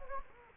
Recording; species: mosquito wingbeat signal from an infrared sensor; Anopheles gambiae